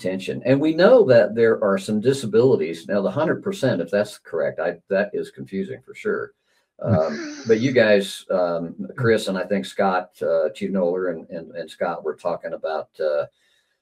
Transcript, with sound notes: And we know that there are some disabilities. Now, the 100%, if that's correct, I... That is confusing, for sure.
(laughs)
Um, but you guys, um, Chris and I think Scott, uh, Chief Noller and, and Scott were talking about,